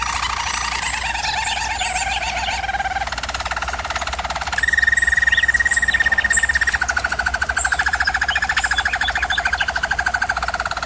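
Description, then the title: German Roller canary rolled song, deep buzzy trills giving way to a higher sustained roll, then a lower bubbling tour. German Roller canary singing, for canary training. "German Roller Canary Singing - Canary Training Vid"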